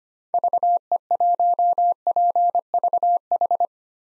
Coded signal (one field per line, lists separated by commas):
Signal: Morse code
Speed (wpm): 25 wpm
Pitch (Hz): 700 Hz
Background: none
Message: VE1PVH